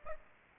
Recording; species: mosquito wingbeat signal from an infrared sensor; Aedes aegypti